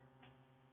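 An accessory blade is being handled and pushed toward the tool-free quick-release mount of a new brushless three-speed oscillating multi-tool. A steady low hum with a brief, brighter rustle around 0.2–0.3 seconds is heard, with no sharp hit. Nothing has seated or clicked yet.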